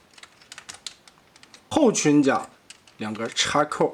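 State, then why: Seated. Several small plastic clicks come from a plastic transforming robot toy (Yiwan Tiankai Steel Soul Doragus, Gustav railway gun) as the two tab clips of its upper chest armor are pushed together to interlock top and bottom. The loudest sharp snap at 0.9 s is where the tabs seat together. From about 1.7 s, someone talks.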